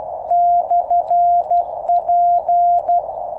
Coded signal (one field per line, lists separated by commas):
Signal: Morse code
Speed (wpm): 12 wpm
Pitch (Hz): 700 Hz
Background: none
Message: /P